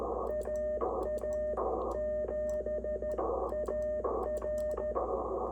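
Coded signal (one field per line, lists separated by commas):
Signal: Morse code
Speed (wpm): 13 wpm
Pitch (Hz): 610 Hz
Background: radio noise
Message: AA7AR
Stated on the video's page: K2 transceiver on its first bench test after unboxing, calling with no contacts made; the Reverse Beacon Network spotted it in four US states and two Canadian provinces.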